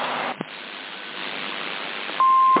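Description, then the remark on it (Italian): Steady radio static hisses for a couple of seconds, briefly cut by a short click, then a single loud, sustained mid-pitched CB radio beep sounds over it until the end, heard on CB radio in Sassari. “Chi è questo bip avanti?”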